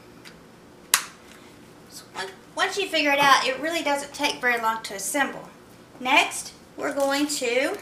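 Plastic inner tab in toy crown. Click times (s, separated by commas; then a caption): 0.9 s. A second plastic inner tab on the other side of a toy crown is pulled up and snaps into place with a sharp click at 0.9 s, seating it. Afterward someone talks.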